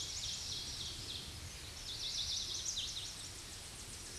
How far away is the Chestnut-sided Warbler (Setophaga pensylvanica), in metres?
about 25 m